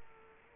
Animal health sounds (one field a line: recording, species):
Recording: mosquito wingbeat signal from an infrared sensor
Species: Culex quinquefasciatus